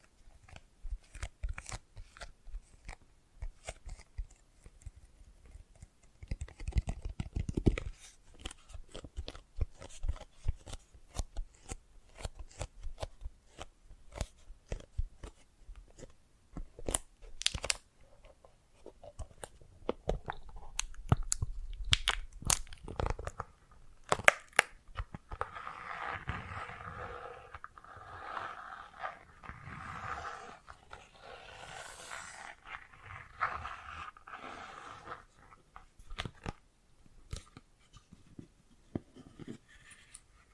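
Bracelets and jewelry boxes are handled in a steady run of sharp clicks, taps and small clatters, dense and irregular throughout. A low thump lands near eight seconds, and from about 25 to 35 seconds a brighter, jingling rattle takes over.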